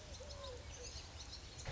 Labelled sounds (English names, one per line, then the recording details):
Eurasian Collared Dove
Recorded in Sonoma County, California